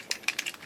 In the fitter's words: This one, just rotate it slightly and you'll hear it snapped right in.